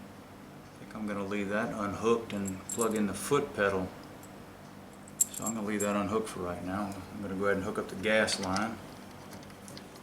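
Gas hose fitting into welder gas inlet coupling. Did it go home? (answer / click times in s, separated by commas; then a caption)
no / none. Someone talks while a shielding gas hose fitting is handled at the push-in gas inlet coupling of an EverLast PowerPro 205 S welder, with a small tap around 5.1 s and two soft handling taps at about 9.7 and 9.8 s. The fitting has not clicked in or seated yet when the clip ends.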